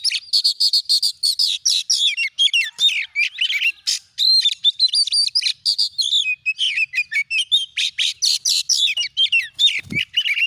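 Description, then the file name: Oriental magpie-robin pouring out an energetic jumble of chirps, whistles and rasping trills, with a single dull thump near the end. "Suara Kacer"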